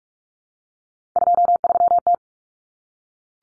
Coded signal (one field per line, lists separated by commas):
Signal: Morse code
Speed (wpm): 44 wpm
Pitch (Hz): 700 Hz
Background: none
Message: 23T